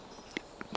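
A small fixed-blade knife, a UG-Tools TiNy with a 3DTi, MagnaCut blade at 65 HRC, is pushed into its belt sheath and snaps into the retention. Sharp clicks are heard at 0.4 s and 0.8 s, with a softer tick at 0.6 s, against a quiet background. The knife is seated in the sheath and clicks in firmly with no wiggle.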